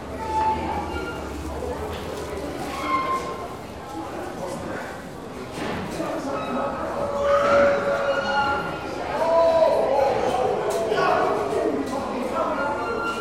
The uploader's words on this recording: Van Sinderen Main Entrance Platform. We begin inside the cavernous main platform of the Broadway Junction with a dense array of sounds filling the stereo field. As crowds of people pass by, the most prominent noises are coming from the three story escalators around the corner, creaking and groaning like a cross between an injured flamingo and a tuba sample.